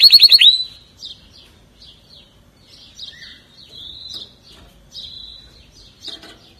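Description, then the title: Atlantic canary song: a short loud rapid trill, followed by soft scattered twitters and thin high chirps. "Kenari"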